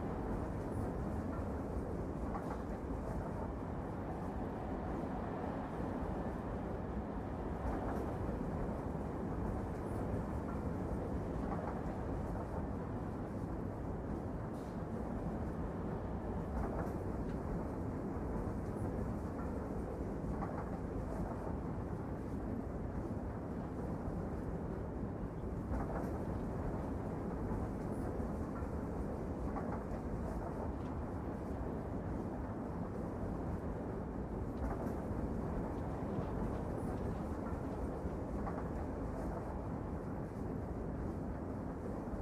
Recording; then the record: background sound without coughing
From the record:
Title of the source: Train Ride Ambience ambient white noise for sleeping, focus, studying, reading